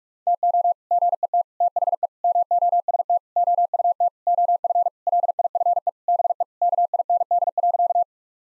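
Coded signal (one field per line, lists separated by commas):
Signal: Morse code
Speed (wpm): 46 wpm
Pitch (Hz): 700 Hz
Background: none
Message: TO GET THE MOST OUT OF LIFE BE KIND.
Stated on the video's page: Morse practice of sentences with common six-word phrases at 45 wpm, each sent twice.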